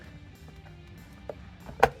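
A new automatic transmission filter is pushed into its seat in the transmission housing of a 2000 to 2011 Ford Focus over background music, with a few faint knocks along the way. A sharp, loud click at 1.8 seconds shows the filter has seated in place.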